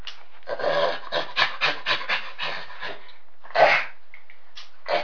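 Chimpanzee breathy panting calls in a fast rhythmic series of harsh in-and-out breaths, followed by a louder rough grunt and a few short hoarse sounds.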